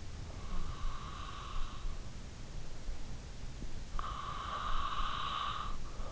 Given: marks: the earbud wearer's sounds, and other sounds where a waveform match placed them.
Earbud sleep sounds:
sounds in sleep by an in-ear microphone; breath
0.13-2.47 s: breath
3.50-6.12 s: breath

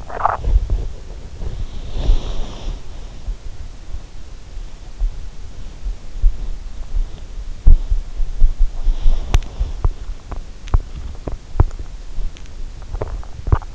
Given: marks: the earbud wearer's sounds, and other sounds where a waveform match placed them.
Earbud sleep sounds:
sounds in sleep by an in-ear microphone; body movement, teeth grinding
0.00-3.86 s: body movement
6.46-12.69 s: body movement
12.65-13.75 s: teeth grinding

